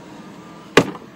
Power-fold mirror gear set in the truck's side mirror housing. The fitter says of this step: listen for a snap and watch for a jump that may indicate that the powerful gears are re-engaged